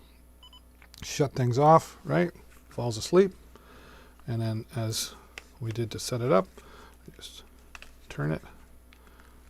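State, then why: Seated. Someone talks while a handheld camera gimbal is turned and its plastic folding arm is folded down for storage. The arm pops down and locks into place with a sharp click at 8.9 s, followed by a couple of faint ticks.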